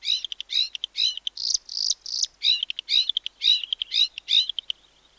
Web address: Bluethroat